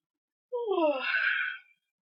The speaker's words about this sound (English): Would you yawn? I do what I want. And what I wanted to do was yawn. In fact, I'm very happy at the ability to yawn. For a while there, I couldn't even take anything other than a short breath, and my dumb body kept trying to yawn.